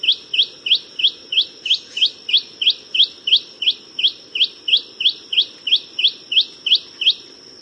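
Long-billed Spiderhunter giving a rapid run of bright, upward-flicked chip notes, evenly repeated roughly three times a second, with a steady high-pitched whine throughout.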